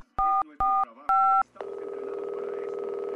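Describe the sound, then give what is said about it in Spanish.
Three short, loud two-tone beeps from a telephone keypad being dialed in quick succession to call 911, followed by a steady, buzzy line tone that continues to the end. No one speaks. “Digo, voy a llamar al 911.”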